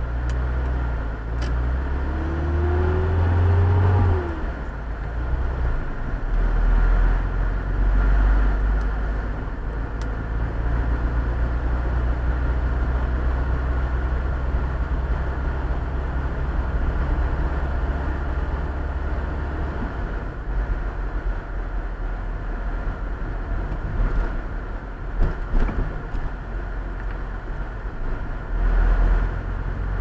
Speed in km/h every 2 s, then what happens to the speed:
9, 16, 19, 23, 28, 33, 36, 37, 38, 39, 37, 36, 26, 23, 25.
0-13 speeds up to 37. 13-22 steady at about 37. 22-25 brakes to 23.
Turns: none.